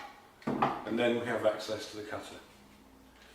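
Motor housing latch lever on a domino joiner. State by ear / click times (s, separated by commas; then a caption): released / 0.6 s. A small lever on a Festool Domino DF 500 Q domino joiner is lifted to unlatch the motor housing and reach the cutter, and the housing latch releases with a sharp pop at 0.6 s. Someone talks over and after the pop.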